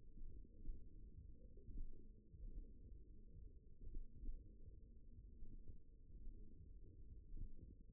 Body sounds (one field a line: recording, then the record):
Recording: forearm muscle sounds (acoustic myography)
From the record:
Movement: tripod grip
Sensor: system 1, eight BSWA MPA416 microphones around the upper forearm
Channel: 4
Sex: male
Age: 54 years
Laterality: right